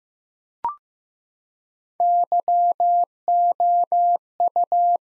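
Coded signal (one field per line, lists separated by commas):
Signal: Morse code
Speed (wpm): 15 wpm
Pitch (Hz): 700 Hz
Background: none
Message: YOU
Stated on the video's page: Practice sentences built from the top 100 words, sent at 15 wpm with 3x standard word spacing, a word-level analogue of Farnsworth spacing.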